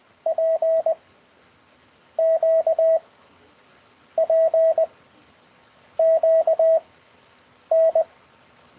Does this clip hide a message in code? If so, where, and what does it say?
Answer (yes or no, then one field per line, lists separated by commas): yes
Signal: Morse code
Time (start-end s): 0.3-8.0 s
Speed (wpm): 20 wpm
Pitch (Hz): 650 Hz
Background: radio noise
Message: P Q P Q N